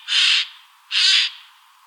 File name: Garrulus glandarius